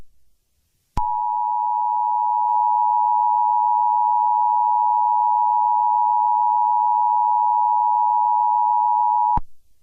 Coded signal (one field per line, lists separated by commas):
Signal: Emergency Alert System (SAME) tones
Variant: 853 and 960 Hz attention tone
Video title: The Entity (EAS SCENARIO)